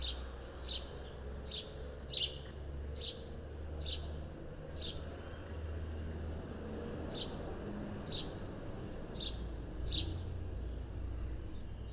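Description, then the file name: House sparrow chirps, single short downward notes in loose bursts with a pause midway, partly set against a steady low rumble. "Passer domesticus"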